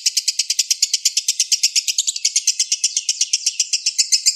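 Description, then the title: Oriental magpie-robin giving quick, high-pitched repeated chirps in a tight, regular rhythm, the phrase running on without a break. "Kicau Kacer"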